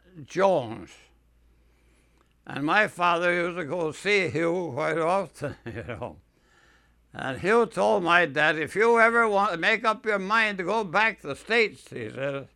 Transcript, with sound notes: Jones. And my father used to go see Hugh quite often, you know. (he laughs) And Hugh told my dad, "If you ever want, make up your mind to go back to the States," he said,